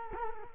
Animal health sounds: mosquito wingbeat signal from an infrared sensor; Culex quinquefasciatus

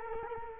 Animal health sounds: mosquito wingbeat signal from an infrared sensor; Culex quinquefasciatus

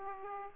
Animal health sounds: mosquito wingbeat signal from an infrared sensor; Aedes aegypti

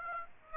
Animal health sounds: mosquito wingbeat signal from an infrared sensor; Aedes aegypti

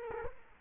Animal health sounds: mosquito wingbeat signal from an infrared sensor; Culex quinquefasciatus

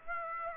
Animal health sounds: mosquito wingbeat signal from an infrared sensor; Aedes aegypti

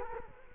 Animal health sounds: mosquito wingbeat signal from an infrared sensor; Culex quinquefasciatus

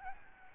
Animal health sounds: mosquito wingbeat signal from an infrared sensor; Aedes albopictus

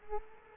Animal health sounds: mosquito wingbeat signal from an infrared sensor; Culex quinquefasciatus

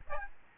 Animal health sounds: mosquito wingbeat signal from an infrared sensor; Aedes albopictus

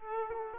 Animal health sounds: mosquito wingbeat signal from an infrared sensor; Aedes aegypti

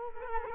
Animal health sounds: mosquito wingbeat signal from an infrared sensor; Culex quinquefasciatus

